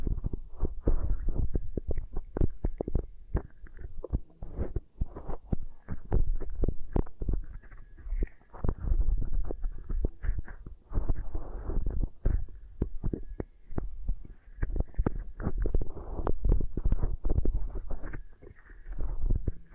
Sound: Beeswax Ear Triggers